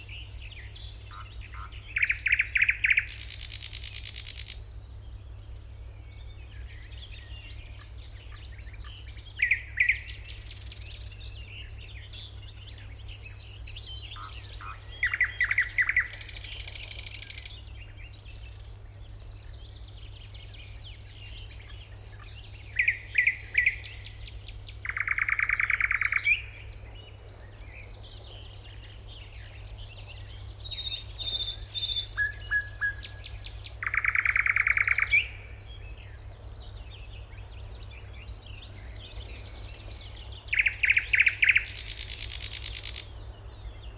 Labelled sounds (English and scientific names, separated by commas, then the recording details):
Thrush Nightingale (Luscinia luscinia) song
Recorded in the wild
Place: Schaabe, Insel Rügen, Mecklenburg-Vorpommern, DE
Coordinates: 54.57, 13.45
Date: 1969-05-22
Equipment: Nagra III BH, Sennheiser MD 21, parabola
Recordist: Schubert, Michael